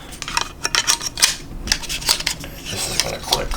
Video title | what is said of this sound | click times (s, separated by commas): Eaglemoss Back To The Future DeLorean Build Issue 1 & 2 | see here enough we're gonna keep it this way this is gonna click | 0.8 s